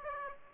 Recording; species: mosquito wingbeat signal from an infrared sensor; Aedes aegypti